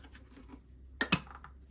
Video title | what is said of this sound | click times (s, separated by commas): Seat Arona rear light removal | There we go. Make sure you hear them click. | 1.0 s, 1.1 s